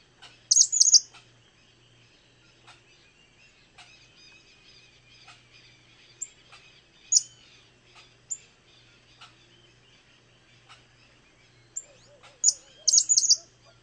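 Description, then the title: Cattle tyrant calls: a squeaky high burst at the start and another near the end, with scattered faint chirps between. Nominate subspecies Machetornis rixosa rixosa. "LuckyPassaro Completos2Sama. Cattle Tyrant (Machetornis rixosa rixosa)"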